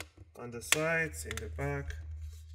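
Someone talks while handling the plastic bottom cover of an MSI GL63 Series laptop, which is pressed down at the corners and sides so its retaining clips will snap into the chassis. Nothing has seated or clicked yet; the clip ends just before the cover goes home.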